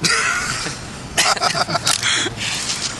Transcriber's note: laughter